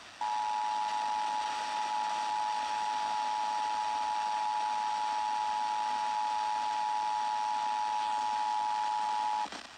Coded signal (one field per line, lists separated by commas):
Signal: Emergency Alert System (SAME) tones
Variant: 853 and 960 Hz attention tone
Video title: IPAWS Required Weekly Test (12/13/21)